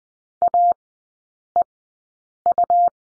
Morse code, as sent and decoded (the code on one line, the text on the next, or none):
.- . ..-
AEU